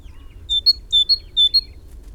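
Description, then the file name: Great tit song: three quick two-note phrases, a lower whistled note then a slightly higher sharp one, repeated about every half second over faint low rumble. "Parus major"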